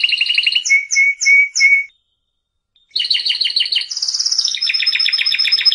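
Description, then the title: Canary song: rapid trills and short high notes repeated, a pause of about a second, then fast rolling trills and a varied series of quick repeated notes. Competition champion canary, first place; singing in the prolific, continuous style called gacor. "Suara Kenari Gacor Suara Kicau Burung Kenari Gacor Juara 1"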